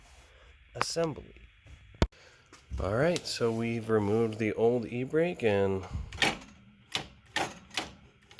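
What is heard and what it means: Someone talks as the old hand brake lever, removed from a Saturn Ion or Chevrolet Cobalt, is worked on the bench to show its metal ratchet mechanism. Sharp mechanical clacks follow the speech. The ratchet fails to latch, and nothing latches or clicks into place.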